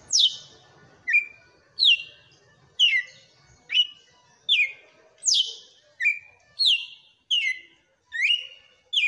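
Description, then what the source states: Red-cowled cardinal song made of about a dozen bright downslurred whistles, some ending in a short level tail, delivered at a brisk pace. Female bird.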